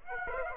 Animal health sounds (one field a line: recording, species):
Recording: mosquito wingbeat signal from an infrared sensor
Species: Aedes aegypti